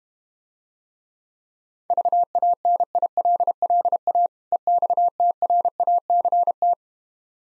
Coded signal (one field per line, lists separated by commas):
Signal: Morse code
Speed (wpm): 32 wpm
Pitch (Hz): 700 Hz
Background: none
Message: VANILLA EXTRACT